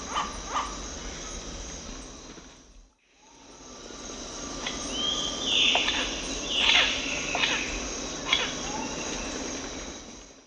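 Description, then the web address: Chestnut woodpecker giving a couple of loud, slurred calls midway, with scattered sharp knocks, over a steady high insect drone. Eastern lowlands of South America; call and drum. "Natures Songs S America Eastern Lowlands. Celeus elegans, call and drum"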